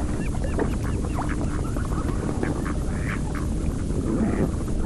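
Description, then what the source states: Ducks giving short, soft nasal calls, a few scattered notes over several seconds, half buried in a steady low rumble. Calm frosty day with sea smoke over open sea before freezing; the last ducks still present.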